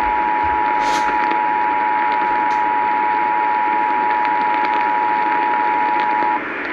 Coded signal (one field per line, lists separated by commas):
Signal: Emergency Alert System (SAME) tones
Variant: 853 and 960 Hz attention tone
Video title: RECORD-BREAKING NIGHT - EAS Alerts from 07/14/2021 (EAS #188-225)